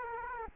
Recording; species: mosquito wingbeat signal from an infrared sensor; Culex quinquefasciatus